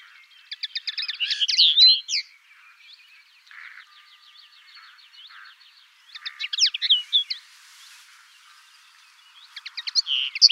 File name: Linotte melodieuse